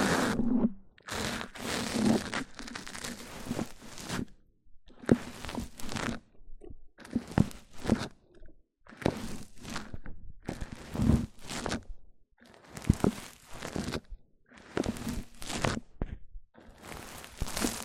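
Scratchy, crinkly rubbing on a microphone comes in short bursts roughly every second or two, each burst hissy and bright with a low thumping underneath. Brief silent gaps separate the bursts, and occasional sharp taps and crunches stand out among them.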